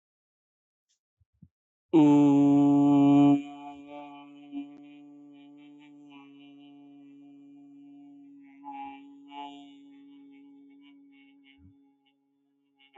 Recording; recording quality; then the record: sustained vowel as in boot; excellent, no background noise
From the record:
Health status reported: healthy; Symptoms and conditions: hypertension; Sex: male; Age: 37 years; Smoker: yes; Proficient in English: yes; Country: India